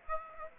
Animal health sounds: mosquito wingbeat signal from an infrared sensor; Aedes aegypti

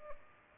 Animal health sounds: mosquito wingbeat signal from an infrared sensor; Aedes albopictus

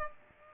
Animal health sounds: mosquito wingbeat signal from an infrared sensor; Aedes aegypti

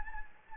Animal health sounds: mosquito wingbeat signal from an infrared sensor; Anopheles gambiae

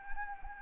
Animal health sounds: mosquito wingbeat signal from an infrared sensor; Anopheles gambiae

